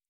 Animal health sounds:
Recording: hydrophone in a shrimp aquaculture tank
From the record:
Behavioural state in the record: normal

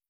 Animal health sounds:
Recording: hydrophone in a shrimp aquaculture tank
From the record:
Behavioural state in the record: stressed

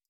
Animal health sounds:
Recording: hydrophone in a shrimp aquaculture tank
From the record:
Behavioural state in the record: stressed

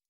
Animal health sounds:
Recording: hydrophone in a shrimp aquaculture tank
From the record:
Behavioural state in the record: stressed

